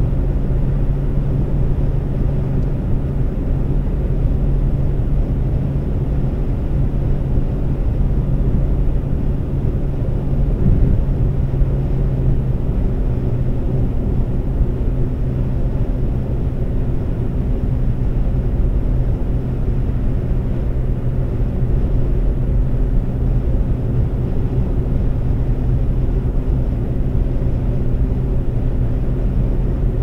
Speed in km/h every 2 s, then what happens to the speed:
134, 134, 134, 134, 134, 135, 135, 135, 134, 134, 134, 134, 134, 134, 134.
0-30 steady at about 134.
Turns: none.